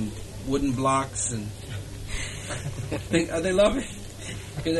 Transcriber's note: laughs